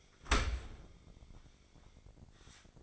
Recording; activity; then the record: daily activity, microphone in the room; open dishwasher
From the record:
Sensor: 5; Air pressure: 1012.4 hPa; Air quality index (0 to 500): 165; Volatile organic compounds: 2 ppm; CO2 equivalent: 1119 ppm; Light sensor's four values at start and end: 127/303/130/145 and 127/304/130/145